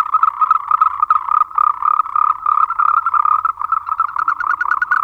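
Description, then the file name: Moltrecht's green treefrog calling in rapid pulsed, croaking bursts, several grouped runs of notes with brief gaps between them, continuing steadily throughout. "Rhacophorus moltrechti"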